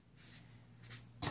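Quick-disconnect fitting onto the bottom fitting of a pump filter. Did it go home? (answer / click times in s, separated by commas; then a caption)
no / none. A quick-disconnect fitting is handled and pushed toward the fitting on the bottom of an ink pump filter, with soft hiss-like rustles over a steady low hum and a louder scuffing burst at about 1.2 s. Nothing has seated or clicked yet; the clip ends just before the fitting goes home.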